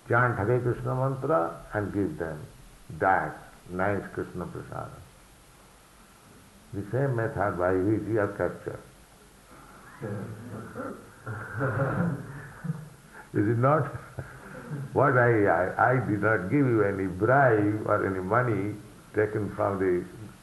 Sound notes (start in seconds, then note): 9.5 laughs; 11.2 laughter